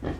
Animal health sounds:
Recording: pig call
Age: growing-finishing pig (85 days or more)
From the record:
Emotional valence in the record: positive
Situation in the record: enriched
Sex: female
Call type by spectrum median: low-frequency call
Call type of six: low-frequency stable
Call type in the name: low-frequency stable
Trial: 1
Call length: 0.20 s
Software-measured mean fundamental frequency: 48 Hz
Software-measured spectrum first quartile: 132 Hz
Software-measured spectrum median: 299 Hz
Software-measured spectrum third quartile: 583 Hz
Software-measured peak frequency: 301 Hz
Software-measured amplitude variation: 147 dB a second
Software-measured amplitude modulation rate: 19.8 a second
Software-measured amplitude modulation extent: 7.4 dB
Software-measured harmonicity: -4.4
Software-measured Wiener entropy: -0.48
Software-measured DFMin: 818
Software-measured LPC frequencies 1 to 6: 384, 1781, 3208, 3928, 4649, 5420 Hz

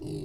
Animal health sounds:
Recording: pig call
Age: weaner (32 to 43 days)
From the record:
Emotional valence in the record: negative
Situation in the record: novel object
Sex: female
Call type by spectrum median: low-frequency call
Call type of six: low-frequency stable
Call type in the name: low-frequency stable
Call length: 0.26 s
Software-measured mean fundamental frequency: 47 Hz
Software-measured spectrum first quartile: 168 Hz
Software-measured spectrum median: 313 Hz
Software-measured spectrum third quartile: 543 Hz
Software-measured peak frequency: 378 Hz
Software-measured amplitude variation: 82 dB a second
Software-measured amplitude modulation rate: 13.7 a second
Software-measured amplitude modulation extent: 6.0 dB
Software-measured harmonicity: 2.8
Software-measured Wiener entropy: -0.16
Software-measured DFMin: 1258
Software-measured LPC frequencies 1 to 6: 344, 2780, 3995, 4490, 6661, 7627 Hz

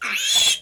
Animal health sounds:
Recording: pig call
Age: piglet (1 to 25 days)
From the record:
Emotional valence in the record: negative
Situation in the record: castration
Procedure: castration, cut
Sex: male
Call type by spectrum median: high-frequency call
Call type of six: mixed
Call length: 0.63 s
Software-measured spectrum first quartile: 3192 Hz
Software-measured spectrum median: 4133 Hz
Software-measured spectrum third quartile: 7076 Hz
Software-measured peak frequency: 3433 Hz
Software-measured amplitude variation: 130 dB a second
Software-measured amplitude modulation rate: 21.5 a second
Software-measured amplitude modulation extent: 6.0 dB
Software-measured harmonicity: 3.9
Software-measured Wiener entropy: -2.45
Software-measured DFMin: 885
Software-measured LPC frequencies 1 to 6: 1424, 2555, 3398, 4073, 5319, 6628 Hz

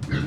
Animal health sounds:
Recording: pig call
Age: growing-finishing pig (85 days or more)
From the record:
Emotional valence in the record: positive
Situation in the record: run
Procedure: transit

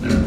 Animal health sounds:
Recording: pig call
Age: growing-finishing pig (85 days or more)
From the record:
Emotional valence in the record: negative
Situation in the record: barren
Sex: female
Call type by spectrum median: low-frequency call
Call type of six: low-frequency stable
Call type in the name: low-frequency stable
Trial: 3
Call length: 0.27 s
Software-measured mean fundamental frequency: 74 Hz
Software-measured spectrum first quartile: 158 Hz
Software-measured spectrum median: 268 Hz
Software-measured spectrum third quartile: 794 Hz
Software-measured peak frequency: 229 Hz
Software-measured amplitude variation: 128 dB a second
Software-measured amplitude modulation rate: 18.8 a second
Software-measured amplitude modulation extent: 6.8 dB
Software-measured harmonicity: 1.3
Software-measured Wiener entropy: -1.49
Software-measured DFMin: 785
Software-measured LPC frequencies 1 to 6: 1478, 2284, 4056, 5698, 6607, 7246 Hz

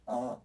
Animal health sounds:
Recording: pig call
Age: piglet (1 to 25 days)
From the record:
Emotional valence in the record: negative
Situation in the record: restrain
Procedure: back test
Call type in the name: low-frequency call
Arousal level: low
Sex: male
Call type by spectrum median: low-frequency call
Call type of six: low-frequency stable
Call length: 0.45 s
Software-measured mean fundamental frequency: 113 Hz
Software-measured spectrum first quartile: 339 Hz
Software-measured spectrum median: 587 Hz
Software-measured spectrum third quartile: 732 Hz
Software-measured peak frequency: 623 Hz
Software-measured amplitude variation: 193 dB a second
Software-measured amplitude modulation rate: 19.8 a second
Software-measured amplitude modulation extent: 9.7 dB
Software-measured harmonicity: 1.9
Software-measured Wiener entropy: -0.26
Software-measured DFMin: 989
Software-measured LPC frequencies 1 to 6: 663, 2963, 3654, 5550, 6044, 6921 Hz

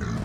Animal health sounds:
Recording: pig call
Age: growing-finishing pig (85 days or more)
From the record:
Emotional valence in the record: positive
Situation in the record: run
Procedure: transit

